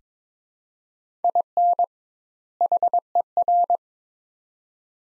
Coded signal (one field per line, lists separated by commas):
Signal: Morse code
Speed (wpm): 22 wpm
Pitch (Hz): 700 Hz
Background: none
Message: IN HER